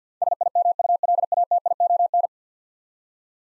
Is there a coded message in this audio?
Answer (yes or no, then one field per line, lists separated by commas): yes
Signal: Morse code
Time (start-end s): 0.2-2.3 s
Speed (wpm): 52 wpm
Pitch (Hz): 700 Hz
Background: none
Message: SIMULATION